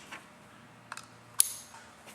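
A universal female air coupler is pushed onto a short-stem (industrial type) male air plug. A few faint ticks come just before a sharp metallic click at 1.4 s, and the coupler locks onto the plug and is seated.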